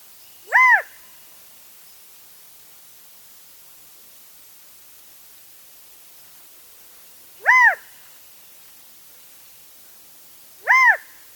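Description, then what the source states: Mountain Quail calling three times at uneven intervals, each note a short, clear, arched yelp with strong harmonics, rising and then falling. Call heard far up a mountainside in oak chaparral.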